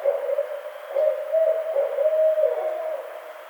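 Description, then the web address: Barred owl giving a drawn-out, wavering hoot held on one pitch, broken into a few pulsing segments before fading, over a hissing background. Recorded on 23 April 2009. "Barred Owl 2009 04 23"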